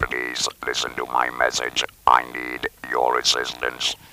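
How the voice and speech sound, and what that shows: An adult man who has had a laryngectomy says a short request in a very low, rough, creaky voice, about 60 Hz, with short phrases and pauses between them. This is alaryngeal speech as an example of voice rehabilitation: with the larynx removed, voice comes from a substitute sound source, a method of communication different from the usual one.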